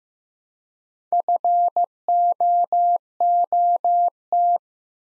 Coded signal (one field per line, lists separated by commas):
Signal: Morse code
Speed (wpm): 15 wpm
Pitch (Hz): 700 Hz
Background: none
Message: FOOT